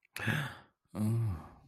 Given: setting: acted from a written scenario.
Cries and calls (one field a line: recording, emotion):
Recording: vocal sound without words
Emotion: romantic love